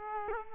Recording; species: mosquito wingbeat signal from an infrared sensor; Culex quinquefasciatus